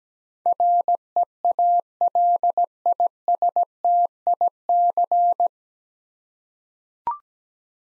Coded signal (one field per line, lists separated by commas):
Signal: Morse code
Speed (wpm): 17 wpm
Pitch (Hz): 700 Hz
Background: none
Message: REALISTIC